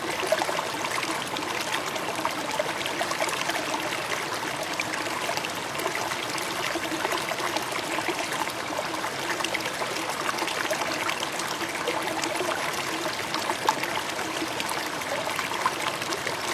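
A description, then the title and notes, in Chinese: Flowing water runs steadily through the whole recording, a dense, even rush with fine trickling and splashing detail on top. The sound is bright, with little low rumble, and its level holds constant without pauses or distinct events. 消除疲惫的疗愈流水声。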